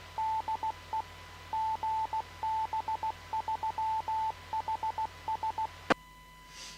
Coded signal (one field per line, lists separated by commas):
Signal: Morse code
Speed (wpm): 16 wpm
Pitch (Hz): 880 Hz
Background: none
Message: DE GB3HS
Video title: HADARS Live Stream 2M net 29/05/23